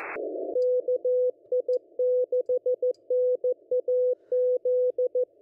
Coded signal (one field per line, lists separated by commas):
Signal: Morse code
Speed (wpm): 14 wpm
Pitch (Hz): 500 Hz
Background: none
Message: KI6NAZ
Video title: Why Should Anyone Learn & Use Morse Code?